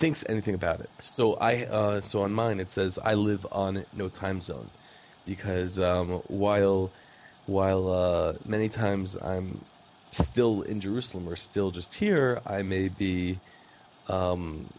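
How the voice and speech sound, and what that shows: Adult male speech from a person who stutters, with a prolonged 'n' sound and repeated words ('so so', 'while while'), consistent with mild stuttering.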